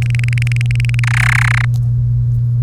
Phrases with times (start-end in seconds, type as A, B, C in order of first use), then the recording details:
0.02-1.00 A, 1.03-1.65 B. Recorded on 1 May 2018 at 09:13. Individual llb3